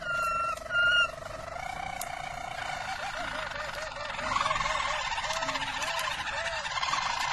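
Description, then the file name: Harz Roller canary song beginning with smooth held whistles, then a rolling phrase of repeated rounded notes at an easy pace. Belgian Harz Roller canary. "canto do canario belga harz roller"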